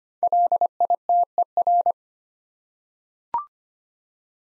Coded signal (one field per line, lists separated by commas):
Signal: Morse code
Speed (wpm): 25 wpm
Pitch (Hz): 700 Hz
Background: none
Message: LITER